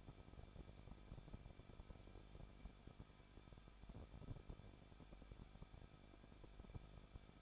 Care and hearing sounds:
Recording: daily activity, microphone in the room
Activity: no activity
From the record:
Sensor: 5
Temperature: 20.8 degrees Celsius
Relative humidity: 38.2%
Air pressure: 1006.7 hPa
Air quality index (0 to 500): 184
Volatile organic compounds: 17 ppm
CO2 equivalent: 2578 ppm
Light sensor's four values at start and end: 2/3/1/1 and 2/3/1/1

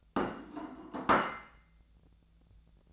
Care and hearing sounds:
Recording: daily activity, microphone in the room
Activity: place plate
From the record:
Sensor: 3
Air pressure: 1000.2 hPa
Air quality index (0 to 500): 139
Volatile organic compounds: 2 ppm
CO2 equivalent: 1238 ppm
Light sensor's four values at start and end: 33/84/36/38 and 33/83/35/38

